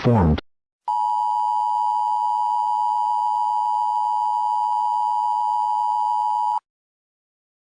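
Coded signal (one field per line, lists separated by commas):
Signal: Emergency Alert System (SAME) tones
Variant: 853 and 960 Hz attention tone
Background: speech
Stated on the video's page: Fictional 1990s-style asteroid shower EAS scenario, not a real alert.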